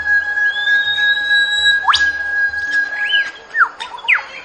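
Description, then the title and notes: A bird giving clear whistled upslurs and looping notes over a steady flat high tone, with faint chirps. Ringtone of a bird with a melodious voice. "Burung Dengan Suara Merdu"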